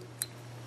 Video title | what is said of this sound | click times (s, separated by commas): CNC Milwaukee Router Brush Replacement | I don't think you'll hear it snap but it just did | 0.2 s